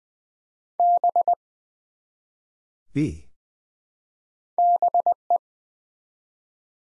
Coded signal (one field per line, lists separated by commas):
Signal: Morse code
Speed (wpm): 20 wpm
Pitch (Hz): 700 Hz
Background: none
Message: B BE